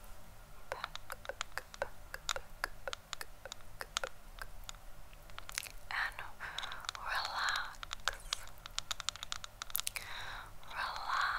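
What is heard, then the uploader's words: Tapping on a camera body makes a quick run of sharp, bright clicks, each starting and stopping abruptly. The taps come unevenly, a few per second, and after about six seconds they mix with brief scraping, rubbing bursts. A low, steady hum sits underneath throughout. Camera Tapping.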